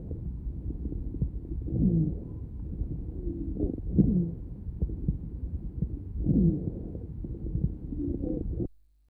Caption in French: Il existe un roncus en début d'inspiration, associé parfois à un sibilant de fin d'expiration. Cet enregistrement a été réalisé chez un patient asthmatique.